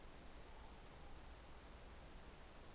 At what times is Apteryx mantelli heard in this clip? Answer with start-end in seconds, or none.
none